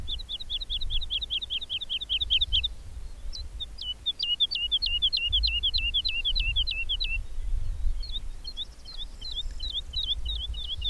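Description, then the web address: Bird song in three rapid runs of repeated sharp notes, each run with a different note shape, separated by short pauses. "madarak enek"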